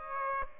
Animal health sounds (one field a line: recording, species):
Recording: mosquito wingbeat signal from an infrared sensor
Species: Aedes aegypti